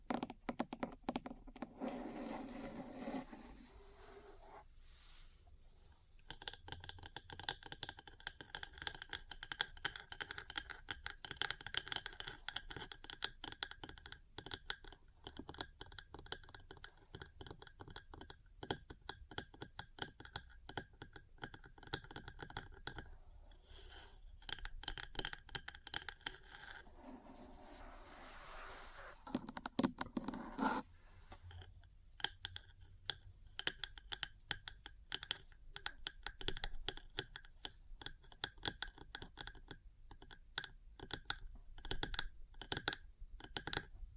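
Metal parts tap rapidly and steadily in dense, clicky runs, broken by brief scratching passages near the start and around twenty-eight seconds.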